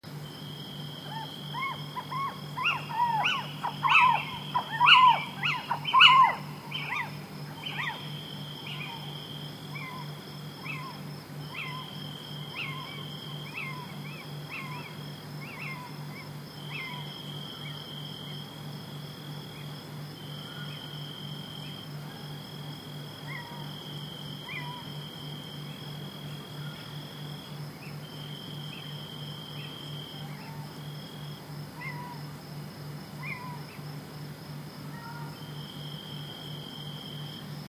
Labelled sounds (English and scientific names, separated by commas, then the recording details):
Little Owl (Athene noctua) call
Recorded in the wild
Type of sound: call
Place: Vasilikos, Zakynthos, Ionien Islands, GR
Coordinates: 37.7175, 20.9817
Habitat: olive grove
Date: 2012-07-05
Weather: 25°C, clear, almost windless
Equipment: Sound Devices 702, Sennheiser MKH 415 T, Rhode Windschutz
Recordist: Frommolt, Karl-Heinz
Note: Logothetis Farm: Rufe von Steinkäuzen. Wenig Hintergrund